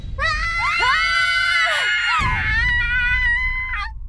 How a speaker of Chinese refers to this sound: 或许是生死关头会加快人的反应，半秒不到，蝈蝈足以掀翻房顶的尖叫声拔地而起，郑婉晴和张友紧随其后，二话不说扯着嗓子开始嘶吼。